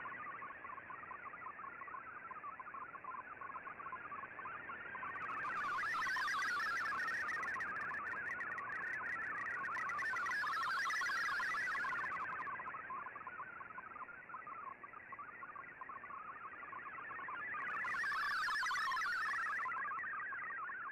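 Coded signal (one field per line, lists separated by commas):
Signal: multi-tone FSK (Olivia or MFSK type)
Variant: MFSK32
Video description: Here is my decode of the Shortwave Radiogram broadcast today on 15770Khz shortwave radio at 1330UTC in MFSK32 and 64 with 10 SSTV images.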